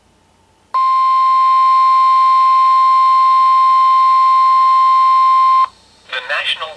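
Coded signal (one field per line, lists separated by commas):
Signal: Emergency Alert System (SAME) tones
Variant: 1050 Hz attention tone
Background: speech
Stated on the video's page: Severe thunderstorm and marine warning tones from weather radio station KHB36, received on an Oregon Scientific WR-3000 radio.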